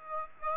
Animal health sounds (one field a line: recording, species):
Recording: mosquito wingbeat signal from an infrared sensor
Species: Aedes aegypti